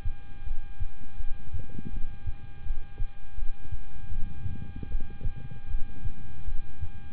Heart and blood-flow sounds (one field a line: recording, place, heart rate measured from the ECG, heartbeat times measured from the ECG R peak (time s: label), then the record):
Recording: heart sounds by stethoscope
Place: between the tricuspid and mitral areas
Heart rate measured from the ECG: 80 bpm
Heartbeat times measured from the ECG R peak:
0.44 s: heartbeat
1.17 s: heartbeat
1.91 s: heartbeat
2.64 s: heartbeat
3.35 s: heartbeat
4.09 s: heartbeat
4.88 s: heartbeat
5.68 s: heartbeat
6.45 s: heartbeat
From the record:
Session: rest, lying down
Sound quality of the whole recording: good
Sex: male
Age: 26 years